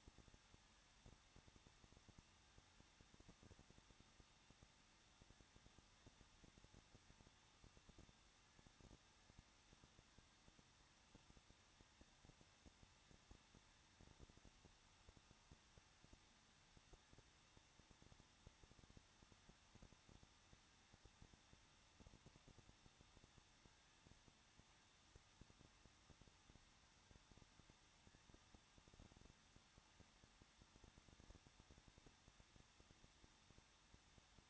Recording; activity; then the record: daily activity, microphone in the room; no activity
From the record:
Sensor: 3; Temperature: 21.2 degrees Celsius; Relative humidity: 36.3%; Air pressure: 1006.3 hPa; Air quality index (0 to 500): 221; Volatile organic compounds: 40 ppm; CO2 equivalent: 3149 ppm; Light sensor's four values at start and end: 2/3/2/2 and 2/3/2/2